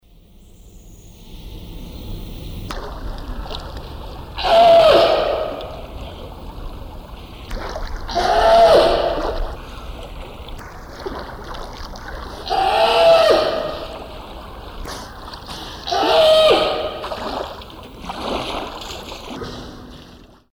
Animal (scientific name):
Zalophus californianus